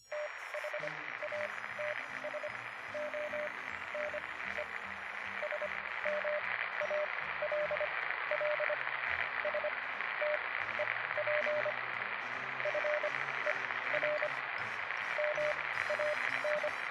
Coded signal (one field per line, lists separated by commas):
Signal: Morse code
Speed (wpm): 25 wpm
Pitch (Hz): 600 Hz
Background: radio noise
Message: THATS ONE SMALL STEP FER MAN